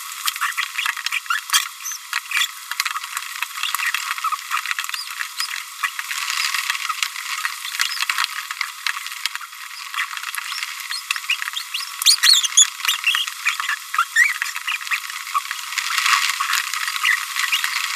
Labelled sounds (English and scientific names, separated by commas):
Green-rumped Parrotlet (Forpus passerinus) babbling